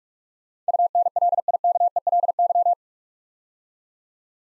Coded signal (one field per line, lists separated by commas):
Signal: Morse code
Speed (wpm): 44 wpm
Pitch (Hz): 700 Hz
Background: none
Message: UNLIKELY